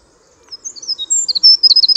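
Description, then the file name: Eurasian wren song beginning: thin high notes quickly building into loud, fast repeated chips, cut off after about two seconds. "Troglodytes troglodytes"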